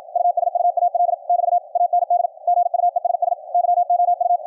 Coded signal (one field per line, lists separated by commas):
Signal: Morse code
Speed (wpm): 54 wpm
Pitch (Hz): 700 Hz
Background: none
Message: USUAL <BT> AND GUESS YOU